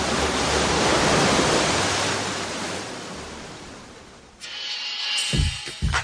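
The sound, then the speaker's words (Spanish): Ocean waves crash against rocks in a loud, steady roar of surf that swells early and slowly fades, then shifts into a harsher, choppier wash with a few low thumps near the end. “Playa Salvaje, donde las rocas golpean al mar.”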